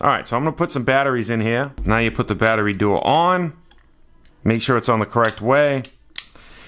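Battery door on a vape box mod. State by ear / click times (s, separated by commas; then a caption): seated / 6.2 s. Someone talks while loading batteries into a Sigelei Fuchai Duo-3 vape box mod and fitting the battery door back on, making sure it is the correct way round. A sharp click at 6.2 s marks the battery door clicking into place, seated.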